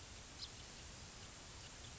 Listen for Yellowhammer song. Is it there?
no